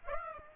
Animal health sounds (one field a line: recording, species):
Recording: mosquito wingbeat signal from an infrared sensor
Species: Aedes aegypti